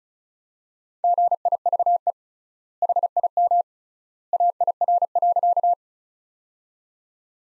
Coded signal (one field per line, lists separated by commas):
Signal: Morse code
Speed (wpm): 36 wpm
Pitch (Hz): 700 Hz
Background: none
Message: GIVE HIM AIR.